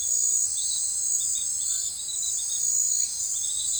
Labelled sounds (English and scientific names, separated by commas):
none